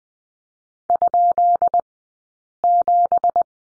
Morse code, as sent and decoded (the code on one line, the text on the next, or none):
..--.. --...
?7